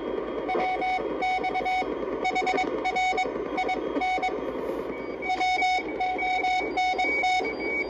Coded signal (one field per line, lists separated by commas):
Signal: Morse code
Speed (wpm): 22 wpm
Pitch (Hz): 740 Hz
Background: none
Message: WX HR IN WONT